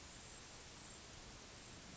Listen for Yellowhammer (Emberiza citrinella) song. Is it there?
no